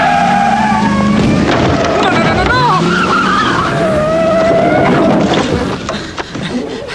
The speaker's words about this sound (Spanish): Tenga más cuidado. Acaba de bajar una acera de medio metro sin ni siquiera frenar. Iba a unos 70 kilómetros por hora.